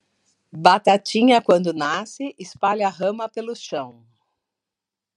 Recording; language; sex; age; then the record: short text; Brazilian Portuguese; female; 50 to 59 years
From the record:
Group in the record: control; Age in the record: 59 years